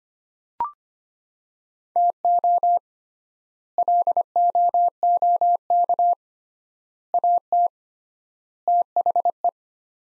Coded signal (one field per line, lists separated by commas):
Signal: Morse code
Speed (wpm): 25 wpm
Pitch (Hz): 700 Hz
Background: none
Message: TO LOOK AT THE